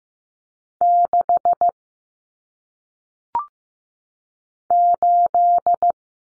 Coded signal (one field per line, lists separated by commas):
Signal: Morse code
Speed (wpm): 15 wpm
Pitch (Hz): 700 Hz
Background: none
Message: 6 8